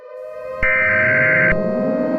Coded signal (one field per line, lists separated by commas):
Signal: Emergency Alert System (SAME) tones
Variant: header bursts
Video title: EAS Scenario #10: Barney Error